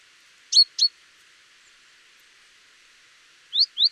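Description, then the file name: Great tit giving two pairs of sharp, high chirps, one pair early and another about three seconds later, over quiet hiss. "Parus major"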